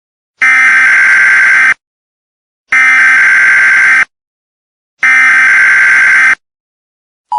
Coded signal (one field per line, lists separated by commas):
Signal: Emergency Alert System (SAME) tones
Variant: header bursts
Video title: EAS Scenario: Pup Academy